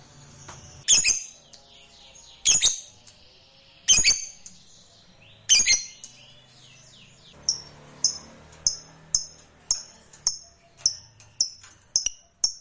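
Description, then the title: Lovebird uttering four harsh shrill squawks spaced about a second and a half apart, followed by a quicker series of short high chip notes. Fighter lovebird. "Begitu Dengar Suara Lovebird FIGHTER NGEKEK PANJANG"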